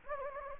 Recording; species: mosquito wingbeat signal from an infrared sensor; Anopheles gambiae